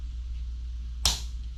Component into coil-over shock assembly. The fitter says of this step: And boom, nice little click, you know it's in.